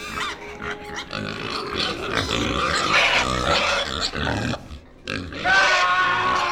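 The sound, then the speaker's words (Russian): Several huge domestic pigs from a fur farm burst into a room, trampling everything, grunting and snorting continuously in a dense, overlapping jumble of low rough grunts and higher squeals, fairly loud throughout with a brief dip before the noise swells again. “А потом в комнату ввалились свиньи. Огромные свиньи, но не дикие, а те, что жили у нас на звероферме, топча и круша все на своем пути.”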